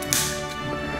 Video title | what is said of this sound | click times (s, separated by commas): Allosaurus Roar Attack - Jurassic World Camp Cretaceous Dino Escape - Mattel - Unboxing y Reseña | clic y listo ahí está | 0.1 s